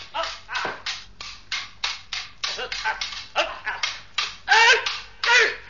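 A dog barks in a rapid, steady string of short, sharp bursts, about a dozen in all, ending with a couple of louder, higher-pitched yelping barks.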